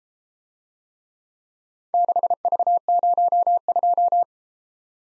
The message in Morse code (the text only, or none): 6V02